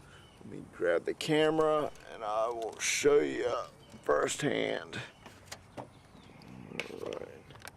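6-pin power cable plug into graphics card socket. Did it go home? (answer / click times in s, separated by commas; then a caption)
no / none. Someone talks while a 6-pin power cable plug is handled at a graphics card's power socket. Light handling noise follows, with brief sharp sounds around 5.5, 6.8, 7.1 and 7.7 seconds. The plug has not seated or clicked into place yet.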